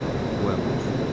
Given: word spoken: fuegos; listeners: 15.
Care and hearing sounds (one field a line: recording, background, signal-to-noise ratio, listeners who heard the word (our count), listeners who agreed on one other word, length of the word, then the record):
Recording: one Spanish word in noise, from a listening test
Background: speech-shaped noise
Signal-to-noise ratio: -6.4 dB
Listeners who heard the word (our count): 0 of 15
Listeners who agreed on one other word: 13 of 15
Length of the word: 0.73 s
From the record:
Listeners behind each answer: 13, 1, 1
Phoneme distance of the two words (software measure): 10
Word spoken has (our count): 2 syllables, 6 phonemes, stress on syllable 1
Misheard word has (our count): 2 syllables, 6 phonemes, stress on syllable 1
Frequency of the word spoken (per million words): 7.50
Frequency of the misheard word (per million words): 64.35